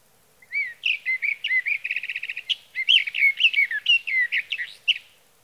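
Sage thrasher song: a continuous jumble of quick whistled notes with a short buzzy rattle near the middle, phrases running without pause.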